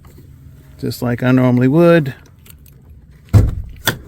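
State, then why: Released. Someone talks, then the interior hood release lever on a 2022 Ford Maverick pickup truck is pulled with a clunk around 3.3 s. The hood latch releases with a sharp pop at 3.9 s, and the hood is confirmed open.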